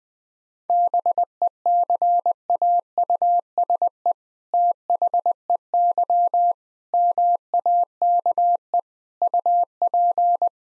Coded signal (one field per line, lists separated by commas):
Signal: Morse code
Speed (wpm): 20 wpm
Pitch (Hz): 700 Hz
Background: none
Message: BECAUSE THEY MAKE UP